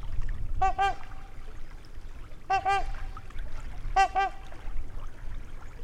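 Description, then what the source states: Trumpeter swan trumpet calls: three loud, nasal, horn-like double notes, paired honks spaced about one and a half to two seconds apart, over a low steady rumble. Wisconsin, 2019, near Lake V; trumpet calls.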